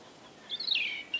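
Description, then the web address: European robin song fragment: a single thin whistle sliding downward, followed by the start of a sharp high note. "Deverinetal 2025 File origin Bird Only Er Ru"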